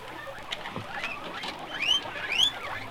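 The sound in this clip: Guinea pig squeaks: a scatter of short chirping squeals, then two louder rising whistled squeals near the end, over soft rustling patter.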